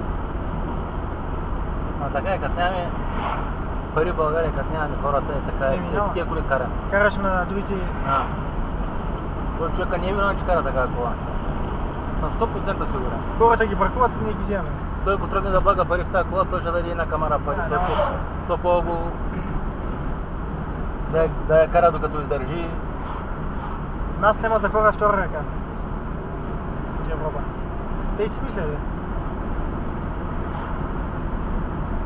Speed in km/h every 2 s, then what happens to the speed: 78, 78, 77, 76, 76, 76, 77, 77, 77, 72, 71, 72, 73, 73, 76, 77.
0-23 steady at about 76.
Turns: none.